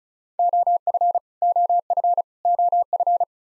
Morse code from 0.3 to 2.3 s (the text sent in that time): OF OF